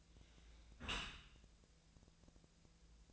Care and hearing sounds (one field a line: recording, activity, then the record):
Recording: daily activity, microphone in the room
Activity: close dishwasher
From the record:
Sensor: 2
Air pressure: 1000.3 hPa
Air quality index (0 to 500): 164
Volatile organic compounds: 3 ppm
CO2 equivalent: 1364 ppm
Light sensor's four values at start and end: 11/30/11/13 and 11/30/11/13